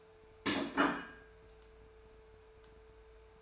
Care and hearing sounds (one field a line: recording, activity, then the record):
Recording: daily activity, microphone in the room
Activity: place plate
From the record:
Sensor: 2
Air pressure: 1014.9 hPa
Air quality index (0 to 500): 205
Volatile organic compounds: 20 ppm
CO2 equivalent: 2704 ppm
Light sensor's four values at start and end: 9/23/9/10 and 9/23/9/10